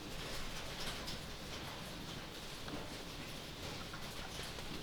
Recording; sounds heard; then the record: poultry house recording; healthy chickens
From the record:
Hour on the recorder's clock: 23